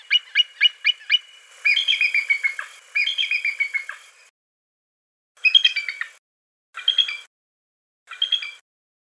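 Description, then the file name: Bald eagle calling: five rapid high notes, two longer chattering trills, then three short bursts of squeaky notes with quiet gaps. "suara burung elang bald. omkicau"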